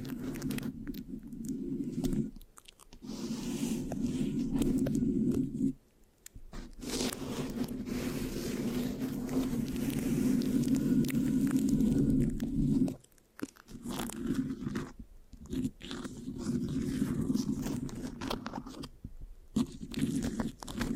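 Mic scratching with sticky, rubbing friction, dense and continuous, broken by brief silent pauses near 2.5, 6, 13, 15 and 19 seconds.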